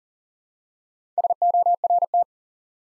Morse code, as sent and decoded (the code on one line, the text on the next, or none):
... --- .-. -
SORT